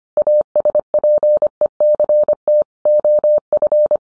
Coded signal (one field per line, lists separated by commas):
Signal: Morse code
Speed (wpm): 25 wpm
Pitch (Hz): 600 Hz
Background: none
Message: ASPECT OF